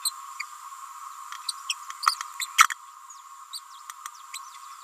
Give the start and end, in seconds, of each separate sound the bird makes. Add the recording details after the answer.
0.05-0.11, 1.48-1.53, 1.69-1.73, 2.07-2.16, 2.39-2.46, 3.53-3.59, 4.33-4.39. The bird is a female. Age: 29 days. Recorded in a nest box in Venezuela. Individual 17B31A3